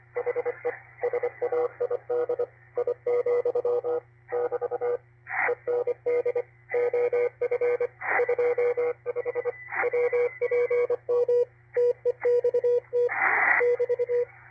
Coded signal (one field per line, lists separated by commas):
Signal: Morse code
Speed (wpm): 25 wpm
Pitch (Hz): 480 Hz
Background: radio noise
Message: HE SAID I, <BT> END OF 25 WPM TEXT <BT>